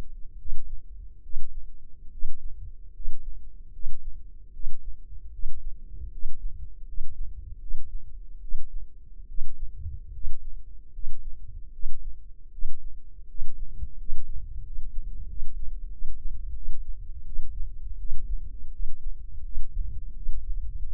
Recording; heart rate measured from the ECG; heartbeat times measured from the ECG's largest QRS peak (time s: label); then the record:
heart sounds by microphone in the left ear; 79 bpm
0.37 s: heartbeat
1.21 s: heartbeat
2.10 s: heartbeat
2.92 s: heartbeat
3.71 s: heartbeat
4.51 s: heartbeat
5.30 s: heartbeat
6.10 s: heartbeat
6.85 s: heartbeat
7.58 s: heartbeat
8.39 s: heartbeat
9.26 s: heartbeat
10.11 s: heartbeat
10.91 s: heartbeat
11.71 s: heartbeat
12.50 s: heartbeat
13.26 s: heartbeat
13.96 s: heartbeat
14.62 s: heartbeat
15.26 s: heartbeat
15.89 s: heartbeat
16.53 s: heartbeat
17.24 s: heartbeat
17.97 s: heartbeat
18.70 s: heartbeat
19.42 s: heartbeat
20.14 s: heartbeat
20.87 s: heartbeat
From the record:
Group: healthy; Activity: rest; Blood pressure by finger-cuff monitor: 118/67 mmHg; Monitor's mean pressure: 77 mmHg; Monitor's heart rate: 76 bpm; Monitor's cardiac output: 7 L/min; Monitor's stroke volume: 94 mL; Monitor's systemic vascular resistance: 800 dyn s/cm5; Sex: male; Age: 23 years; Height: 179 cm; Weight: 87 kg